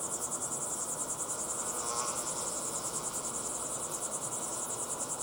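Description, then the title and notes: Cricket chirping in a steady, rapid high-pitched pulse, many insects blending into a continuous shimmering chorus over a soft background hiss. Crickets chirping at sunset in the Timanfaya pyroclastic desert, Lanzarote; field-recorded with ambisonic equipment, converted to binaural audio with simulated slow head movements. "Binaural Cricket Sounds. crickets at sunset in the incredible Timanfaya pyroclastic desert on the island of Lanzarote"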